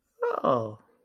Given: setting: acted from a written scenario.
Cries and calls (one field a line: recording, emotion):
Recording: vocal sound without words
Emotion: positive surprise